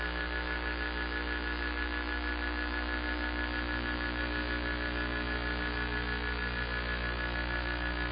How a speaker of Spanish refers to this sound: No había sonado tanto el teléfono.